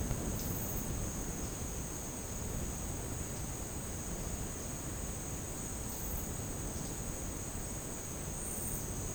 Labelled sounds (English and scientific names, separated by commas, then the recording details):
none
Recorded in dense forest near Puerto Asís, Putumayo, Colombia, on 29 June 2025 at 10:30
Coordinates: 0.486, -76.317
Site G065